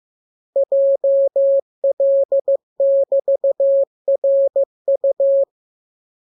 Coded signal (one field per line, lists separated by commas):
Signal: Morse code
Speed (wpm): 15 wpm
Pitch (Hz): 550 Hz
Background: none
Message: JL<BT>RU